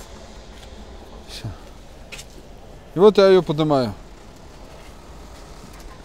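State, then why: Not seated. The tilting cab of a FAW truck is being raised, with its cab tilt support lock being handled, over a steady low background with faint sounds near 1.4 s and 2.2 s. Someone talks from about 3.0 to 3.9 s. Nothing has seated or locked yet.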